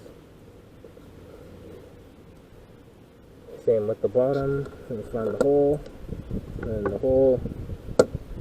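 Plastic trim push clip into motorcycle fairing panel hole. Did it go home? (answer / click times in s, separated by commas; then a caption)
yes / 8.0 s. A plastic push-in trim clip is pressed into the bottom hole of a 2015 Kawasaki Ninja 300 motorcycle fairing panel during a Yoshimura R77 exhaust install. Low background hum fills the start, then someone talks from about 3.6 seconds. A single sharp click at 8.0 s marks the clip snapping home and locking into place.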